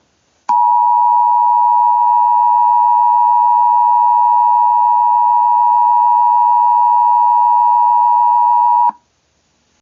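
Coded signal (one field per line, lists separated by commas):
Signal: Emergency Alert System (SAME) tones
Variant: 853 and 960 Hz attention tone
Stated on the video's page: Simulated EAS scenario.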